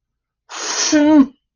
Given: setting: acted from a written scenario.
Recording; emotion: vocal sound without words; confusion